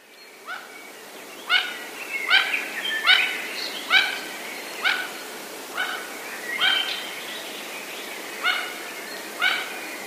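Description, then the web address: Mandarin duck calls: short, sharp, yelping notes with harmonic overtones, given irregularly about once a second. "wroblowe kolekcja mandarynka"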